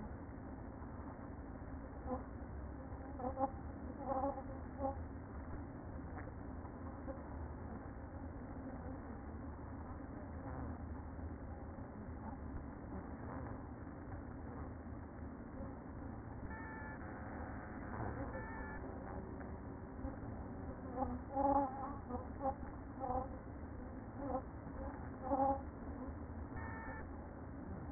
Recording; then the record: honeybee colony, microphone inside the hive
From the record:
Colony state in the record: queen present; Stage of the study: after two queens were removed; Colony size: about 60,000 bees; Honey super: yes